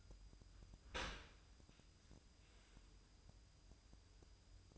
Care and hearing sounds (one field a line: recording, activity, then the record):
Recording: daily activity, microphone in the room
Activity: open dishwasher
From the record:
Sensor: 2